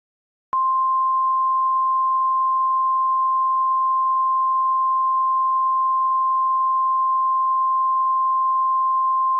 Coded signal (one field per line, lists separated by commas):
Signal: Emergency Alert System (SAME) tones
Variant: 1050 Hz attention tone